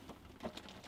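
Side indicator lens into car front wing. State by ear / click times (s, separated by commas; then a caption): not seated / none. A plastic side repeater lens from a Nissan Primera P12 is handled at the front wing opening, being pushed at its front end into the wing, with faint rustling and short sharp taps at about 0.6 and 0.7 seconds. Nothing has seated or clicked yet.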